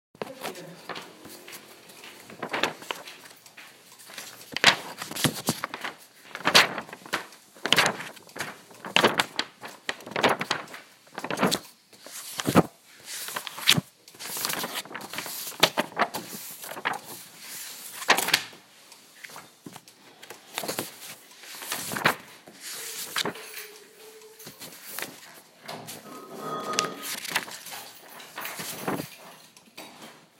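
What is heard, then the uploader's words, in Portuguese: Pages of a book are leafed through, each turn a short papery swish or crackle, coming irregularly every second or so across the whole span. Some turns are quick flicks, others slower rustles, with quiet gaps and a faint low hum between. Folheiando páginas de livro.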